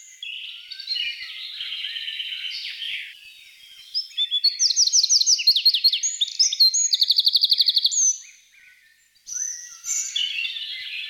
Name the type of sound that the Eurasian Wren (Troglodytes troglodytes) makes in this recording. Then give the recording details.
song. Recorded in the wild. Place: Oberrotweil am Kaiserstuhl, Baden-Württemberg, DE. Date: 1982-06-17. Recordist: Schwarz, Dieter. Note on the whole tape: Song